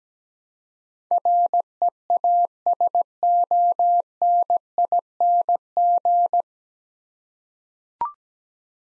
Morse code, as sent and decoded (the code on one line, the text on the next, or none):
.-. . .- ... --- -. .. -. --.
REASONING